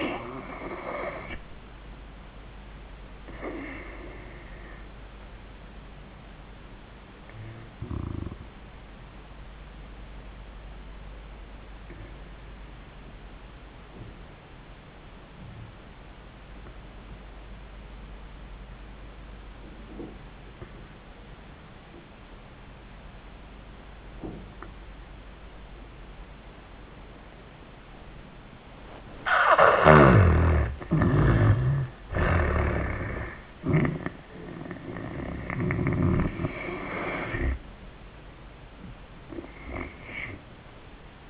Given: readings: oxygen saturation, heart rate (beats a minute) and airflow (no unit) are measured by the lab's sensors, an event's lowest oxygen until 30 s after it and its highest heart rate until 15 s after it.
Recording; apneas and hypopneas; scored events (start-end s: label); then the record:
breathing in sleep by a voice recorder at the bedside; 1
3.00-31.10 s: obstructive apnea (N2, oxygen 95% highest, then 76% lowest)
39.00-41.30 s: new sleep stage, N1 (lightest sleep)
From the record:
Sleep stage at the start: N2 (light sleep); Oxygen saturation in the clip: 78 to 95%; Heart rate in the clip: 75 to 93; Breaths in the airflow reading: 2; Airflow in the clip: -12.2 to 10.8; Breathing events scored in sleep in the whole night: 400 in 8.7 hours asleep